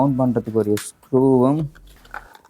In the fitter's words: இதை வந்து கிளிக் பண்ணுறது இது ஈஸியாக.